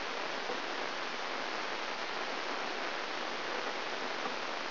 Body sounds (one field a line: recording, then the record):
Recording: brain microelectrode recording played as sound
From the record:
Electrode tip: inside the subthalamic nucleus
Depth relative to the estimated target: 3.5 mm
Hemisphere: right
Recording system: AlphaMap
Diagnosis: Parkinson's disease